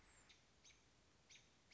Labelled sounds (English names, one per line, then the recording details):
American Robin
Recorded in Sonoma County, California